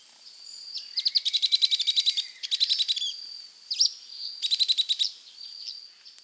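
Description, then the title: Grey elaenia delivering rapid high chattering series of even, evenly spaced notes in three bursts, the last two separated by a sharp single note, over a continuous high whine. Nominate subspecies caniceps. "LuckyPassaro Completos2Sama. Grey Elaenia (Myiopagis caniceps caniceps)"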